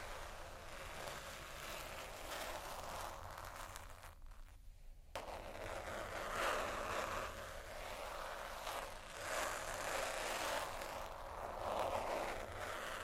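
Slow scratching and tapping on textured surfaces, a dense grainy rasp that swells and fades in long strokes, brightest around 6–7, 9–10 and 12 seconds. Fine crackling ticks run through it, with a low steady rumble underneath. Near 4–5 seconds the sound thins briefly.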